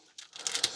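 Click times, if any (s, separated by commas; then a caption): 0.6 s. A plastic side panel on a Transformers Studio Series 51 DOTM Soundwave toy figure is lifted all the way up so its small gray peg recesses into the hole in the shoulder behind the wheel. A few light plastic clicks and rattles build up before a distinct sharp snap at 0.6 s, when the peg seats into place.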